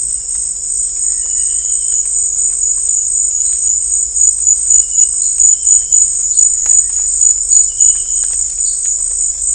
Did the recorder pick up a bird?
no